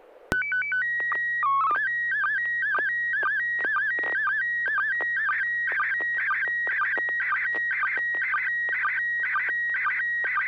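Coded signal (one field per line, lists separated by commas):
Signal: SSTV (slow-scan television)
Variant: PD 120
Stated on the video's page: SSTV net on a 441.300 MHz FM repeater in Sacramento, California, sent with MMSSTV software.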